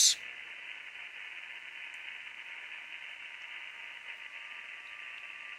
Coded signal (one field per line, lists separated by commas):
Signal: FT8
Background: speech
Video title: Using FT8 digital mode & Mag loop